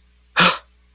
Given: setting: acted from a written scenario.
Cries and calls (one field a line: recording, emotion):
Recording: vocal sound without words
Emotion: fear